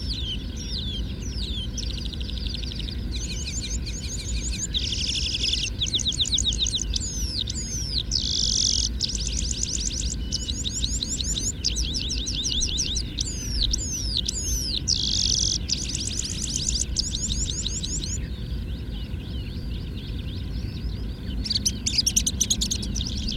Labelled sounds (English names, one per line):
Red-throated Pipit